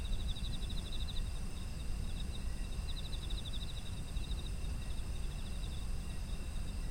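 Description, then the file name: Quick pulsed insect chirps in several bursts over a steady high-pitched insect drone and constant low-frequency rumble. Autumn insects, environmental ambient sound. "秋の虫の環境音"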